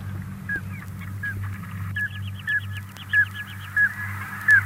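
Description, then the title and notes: Common Scoter giving brief whistled piping notes in a loose series, with a soft trilling chatter behind and a constant low drone. "Viikon luontoääni: Mustalintu. Risto Nevanlinna"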